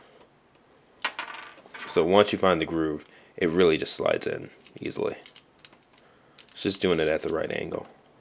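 Someone talks while handling a plastic clip-on part for a Mastermind Creations (MMC) Azalea transforming toy robot figure, sliding it at the right angle along its groove. Short, sharp plastic taps and clicks from the handling are heard around 1.1, 1.2, 1.8, 5.6 and 6.4 seconds. Nothing has seated or clicked into place yet.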